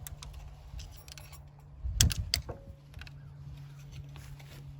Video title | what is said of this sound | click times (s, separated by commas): Fixing a John Deere Cylinder Leak | There, you can hear it click and see. | 2.0 s, 2.3 s